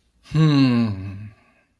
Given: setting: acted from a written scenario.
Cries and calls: vocal sound without words; contempt

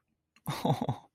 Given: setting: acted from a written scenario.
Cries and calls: vocal sound without words; adoration

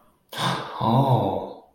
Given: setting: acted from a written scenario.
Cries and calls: vocal sound without words; realization

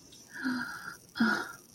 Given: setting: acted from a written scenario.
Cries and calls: vocal sound without words; romantic love

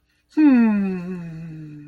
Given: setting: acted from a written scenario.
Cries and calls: vocal sound without words; romantic love

